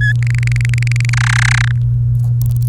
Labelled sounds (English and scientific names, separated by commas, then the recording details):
Domestic Canary (Serinus canaria) song
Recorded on 29 April 2018 at 05:45
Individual llb3